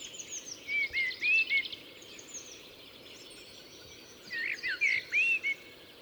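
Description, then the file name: Common blackbird song: two phrases of rich, sliding whistles mixed with squeaky twittering, separated by a quieter pause. "Turdus merula"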